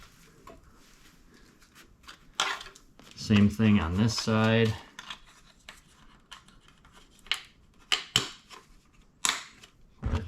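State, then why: Seated. On a 2021–2022 Ford F-150 Raptor (Gen 3), the plastic lower grille trim is pressed into the bumper on the other side during a lower grille replacement to eliminate the engine block heater hole. Someone talks, then a series of short, sharp snaps follows as the trim's clips engage. They click into place at 8.2 s and 9.3 s, and the trim is seated.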